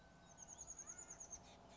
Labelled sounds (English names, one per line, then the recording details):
Oak Titmouse
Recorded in Sonoma County, California